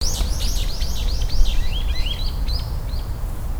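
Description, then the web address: Brown-eared bulbul giving a rapid series of shrill, down-slurred squealing notes, later shifting to flatter whistled notes, over a steady low rumble. "tosaka. hiyodori"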